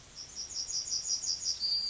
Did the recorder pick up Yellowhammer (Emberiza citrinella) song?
yes